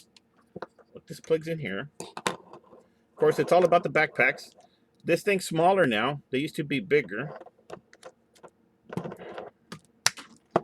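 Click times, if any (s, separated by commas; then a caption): 10.1 s. Someone talks while handling a 2019 Rescue Heroes Billy Blazes action figure, pressing its plastic backpack accessory onto the back of the figure's plastic torso. After a few faint handling taps, a sharp, loud snap is heard at 10.1 s as the backpack seats into place.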